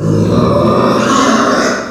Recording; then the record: squeal of a Yucatan mini pig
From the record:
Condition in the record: after surgery on the right vocal fold (resection and tissue-engineered implant); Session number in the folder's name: 11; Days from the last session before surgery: 98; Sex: female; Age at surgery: 19 weeks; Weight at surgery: 25 kg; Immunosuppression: prednisolone